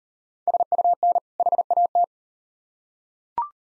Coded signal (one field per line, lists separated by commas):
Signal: Morse code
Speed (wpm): 38 wpm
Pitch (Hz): 700 Hz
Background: none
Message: SUN HAT